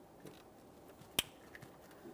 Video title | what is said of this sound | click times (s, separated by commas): How to Replace Oil Pressure Switch 2008-2017 Mitsubishi Lancer | Audible click. | 1.2 s